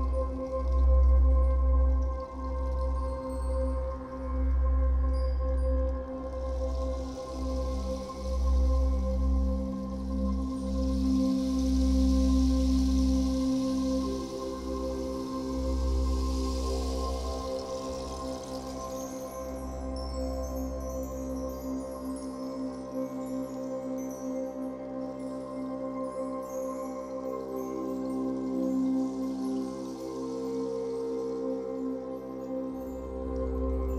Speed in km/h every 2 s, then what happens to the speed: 105, 106, 106, 105, 105, 105, 105, 103, 102, 101, 102, 103, 102, 101, 100, 103, 105.
0-34 steady at about 103.